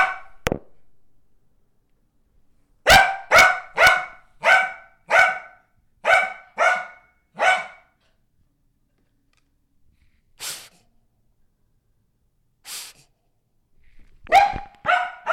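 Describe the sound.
Dog barking in a fast series of sharp barks after an opening yelp, then a pause with two faint barks and a final burst of barking.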